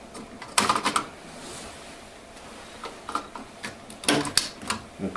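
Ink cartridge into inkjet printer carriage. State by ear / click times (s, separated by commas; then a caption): seated / 4.1 s, 4.4 s. An ink cartridge is pushed into the printhead carriage of a Canon MAXIFY MB2020 inkjet printer, with a burst of plastic clatter around 0.6 to 1.0 s followed by quieter handling. Sharp clicks at 4.1 s and 4.4 s mark the cartridge latching and seating in place.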